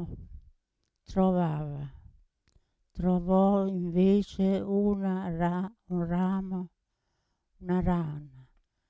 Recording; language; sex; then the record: read passage; Italian; female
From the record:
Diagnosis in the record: Parkinson's disease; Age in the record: 80 years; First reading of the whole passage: 169 s, 3.1 characters per second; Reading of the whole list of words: 101 s, 2.8 characters per second